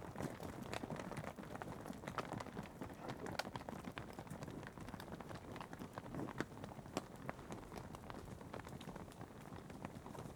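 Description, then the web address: Cattle hooves patter and knock on a hard road in a continuous, uneven rhythm, with no calls heard. Cattle passing on a tarmac road. "BBC Sound Effects Library. Cattle Passing On Tarmac"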